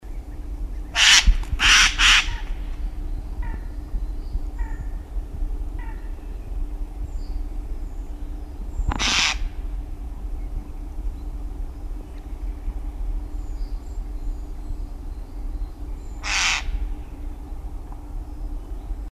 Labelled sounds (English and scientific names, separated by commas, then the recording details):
Eurasian Jay (Garrulus glandarius) call
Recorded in the wild
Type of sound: call
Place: Klein Süstedt, DE
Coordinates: 52.935, 10.4736
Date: 1970-03-23
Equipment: Uher Report 4200, AKG D190C in Doppel-Parabolreflektor
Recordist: Krey, Winfried
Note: Rufe